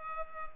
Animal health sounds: mosquito wingbeat signal from an infrared sensor; Culex pipiens

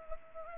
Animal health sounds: mosquito wingbeat signal from an infrared sensor; Culex pipiens

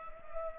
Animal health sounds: mosquito wingbeat signal from an infrared sensor; Culex pipiens

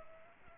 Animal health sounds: mosquito wingbeat signal from an infrared sensor; Culex pipiens

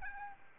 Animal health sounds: mosquito wingbeat signal from an infrared sensor; Aedes albopictus

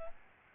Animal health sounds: mosquito wingbeat signal from an infrared sensor; Aedes albopictus

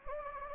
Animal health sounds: mosquito wingbeat signal from an infrared sensor; Anopheles gambiae

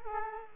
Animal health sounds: mosquito wingbeat signal from an infrared sensor; Culex quinquefasciatus

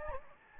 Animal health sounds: mosquito wingbeat signal from an infrared sensor; Anopheles gambiae

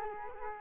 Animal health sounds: mosquito wingbeat signal from an infrared sensor; Culex quinquefasciatus

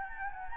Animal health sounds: mosquito wingbeat signal from an infrared sensor; Anopheles gambiae

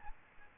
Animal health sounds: mosquito wingbeat signal from an infrared sensor; Aedes albopictus

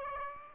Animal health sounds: mosquito wingbeat signal from an infrared sensor; Aedes aegypti

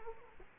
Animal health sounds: mosquito wingbeat signal from an infrared sensor; Culex quinquefasciatus

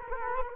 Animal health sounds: mosquito wingbeat signal from an infrared sensor; Culex quinquefasciatus

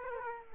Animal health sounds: mosquito wingbeat signal from an infrared sensor; Aedes aegypti

